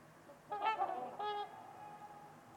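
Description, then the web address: Trumpeter swan calling: two brassy, nasal honks with rich harmonics, the first longer and wavering, the second shorter and steadier, over a soft, quiet hiss. Winter evening at Winters Lake in a deep valley; silent surroundings with distant white noise. "Trumpeter Swans on a Winter's Eve. Nick-Mc Mahan Winters-Lake-with-Swan. Wind Is the Original Radio"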